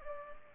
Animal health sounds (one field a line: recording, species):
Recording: mosquito wingbeat signal from an infrared sensor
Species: Culex pipiens